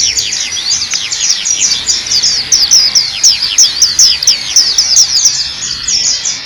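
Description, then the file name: White-eye flock calls: many high, thin chirps and short downslurred notes overlapping continuously in a busy, twittering chorus. A flock calling together. "suara burung pleci rombongan"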